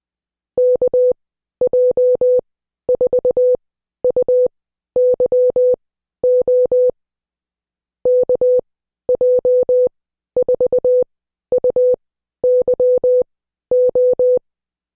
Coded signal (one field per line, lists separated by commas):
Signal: Morse code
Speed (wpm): 20 wpm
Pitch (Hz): 500 Hz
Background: none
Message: KJ4UYO KJ4UYO